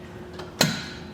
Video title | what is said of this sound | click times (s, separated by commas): etrailer - In-Depth Review of the RockyMounts AfterParty Swing Away Bike Rack for 2 Bikes | Push it until you hear a click. That's going to be the pin locking back into place, and then re-secure it with that hand knob underneath. | 0.6 s